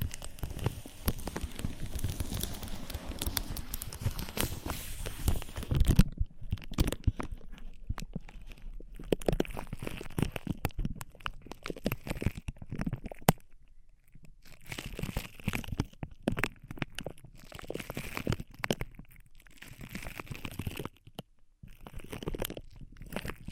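Ear massage and cleaning sounds: dense crinkly rubbing for the first six seconds, then scattered soft scratches, taps and brushing strokes with brief quiet gaps.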